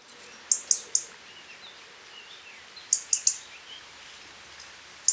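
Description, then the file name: European robin ticking: two clusters of three sharp, high clicks and a lone tick at the end, with faint softer chirps beneath. "Erithacus rubecula"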